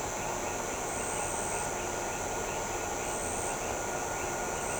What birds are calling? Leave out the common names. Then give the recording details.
none. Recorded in shrubland near Pivijay, Magdalena, Colombia, on 15 April 2023 at 18:30. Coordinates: 10.453, -74.365. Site P5-G022